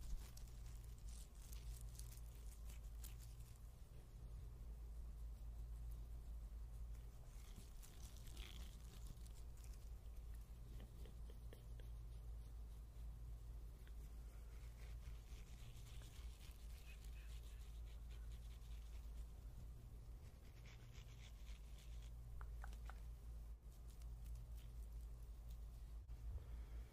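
Scrubbing and brushing for a face massage and haircut roleplay, steady scratchy strokes over a constant low hum, with brighter rubbing bursts recurring.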